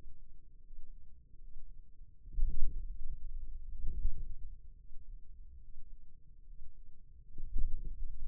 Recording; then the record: forearm muscle sounds (acoustic myography)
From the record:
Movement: wrist extension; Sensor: system 2, bracelet of six BSWA MPA416 microphones around the upper forearm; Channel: 6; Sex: male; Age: 22 years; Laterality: right